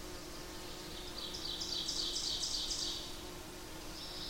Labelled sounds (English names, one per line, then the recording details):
Ovenbird song
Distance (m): 50 m
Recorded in boreal forest in Alberta, Canada, on 8 June 2016 at 07:27
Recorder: SongMeter 3, array SBT-3-9
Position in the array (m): 51 m, 108 m
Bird 33